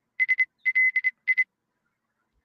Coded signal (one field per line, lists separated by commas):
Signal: Morse code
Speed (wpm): 26 wpm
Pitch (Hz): 2050 Hz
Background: none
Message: SLI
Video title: 🎙️ Episode 199: Live Stream HF HAM Radio Contacts - On-Air Adventure 📡🌐